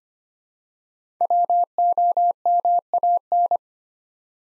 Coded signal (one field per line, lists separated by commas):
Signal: Morse code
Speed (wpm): 25 wpm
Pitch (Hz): 700 Hz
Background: none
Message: WOMAN